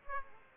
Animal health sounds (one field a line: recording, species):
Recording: mosquito wingbeat signal from an infrared sensor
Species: Aedes aegypti